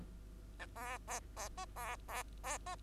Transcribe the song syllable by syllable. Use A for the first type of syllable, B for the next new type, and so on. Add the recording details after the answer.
A B B B C B B B C. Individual Bird2